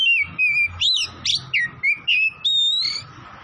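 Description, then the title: Oriental magpie-robin: a short run of clear, varied whistled notes, some sliding up and down, delivered quickly one after another. Tretes; singing vigorously (gacor). "Kacer Tretes"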